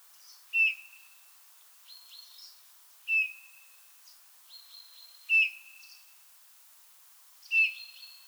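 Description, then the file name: Eurasian bullfinch giving four gentle piping whistles about two seconds apart, with fainter higher thin notes between them. "Pyrrhula pyrrhula"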